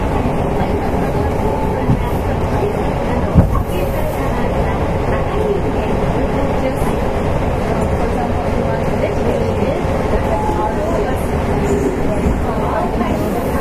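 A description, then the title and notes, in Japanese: Running sound recorded aboard a Series 2000 electric train on a through service from the subway Airport Line onto the JR Chikuhi Line. A steady, dense low rumble and rattle continues throughout, with a sharp knock near three and a half seconds and faint murmuring voices underneath. 福岡市交通局 2000系電車の走行音です。地下鉄空港線からJR筑肥線への直通列車にて収録。区間は博多から筑前前原までです。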